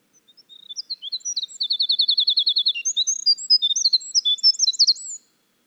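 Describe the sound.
Winter wren delivering a fast, high, tumbling song of tinkling notes and a steady trill, about five seconds long, with no other sounds.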